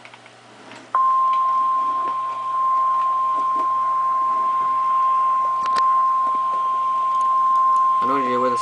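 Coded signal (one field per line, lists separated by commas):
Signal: Emergency Alert System (SAME) tones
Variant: 1050 Hz attention tone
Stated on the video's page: Severe thunderstorm warning from the weather service, recorded from an online weather radio stream.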